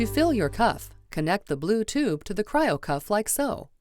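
A blue tube from the cooler is being connected to the port of an Aircast Cryo Cuff knee cold therapy cuff. Someone talks throughout with faint background music. The clip ends before the connector goes home, so nothing has seated or clicked yet.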